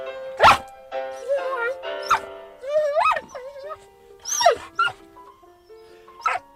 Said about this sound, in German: Ich brauche wohl nichts mehr zu sagen. Ich glaube, die Vorführung genügt. Das ist ja wirklich zum Stein erweichen. Heult Ihr Hund bei anderer Musik auch so? Nein. Sonst macht die Musik gar nichts aus.